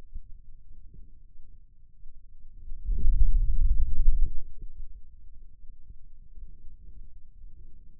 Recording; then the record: forearm muscle sounds (acoustic myography)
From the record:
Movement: hand opening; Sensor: system 2, bracelet of six BSWA MPA416 microphones around the upper forearm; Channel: 2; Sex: male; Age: 22 years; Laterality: right